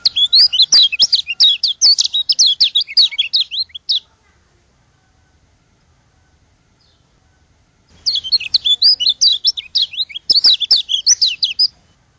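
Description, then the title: White-eye song in two long bursts of rapid, high, tumbling chirps, separated by roughly four seconds of silence. From Lombok. "Plecir3un. Suara burung pleci lombok"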